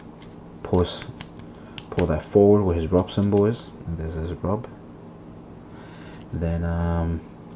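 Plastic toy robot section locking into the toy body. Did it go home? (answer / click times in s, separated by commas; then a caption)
no / none. A small plastic Transformers Mini-Bot toy robot is handled during transformation as a plastic section is pulled forward toward the body, with faint plastic taps near the start while someone talks. The section has not locked into place yet; nothing has seated or clicked by the end.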